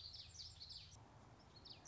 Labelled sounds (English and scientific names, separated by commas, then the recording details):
Common Yellowthroat (Geothlypis trichas)
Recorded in Sonoma County, California